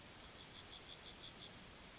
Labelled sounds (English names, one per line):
Yellowhammer song